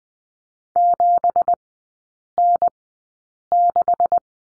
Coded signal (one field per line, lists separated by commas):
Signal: Morse code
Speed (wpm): 20 wpm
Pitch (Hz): 700 Hz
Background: none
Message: 7N6